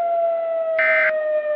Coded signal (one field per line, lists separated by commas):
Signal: Emergency Alert System (SAME) tones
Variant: end-of-message bursts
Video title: *VALID TONES* A Collision To Repeat (EAS Scenario)